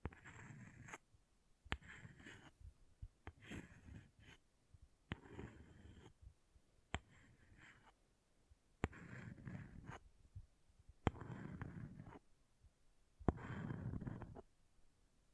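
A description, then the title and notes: An object scratching in repeated strokes, each burst lasting about half a second to a second, with short pauses between, roughly every two seconds. The scrapes are rough and gritty, heaviest in the low end with a raspy top, some starting with a sharp tick. ASMR Brain Melting Object Scratching (No Talking).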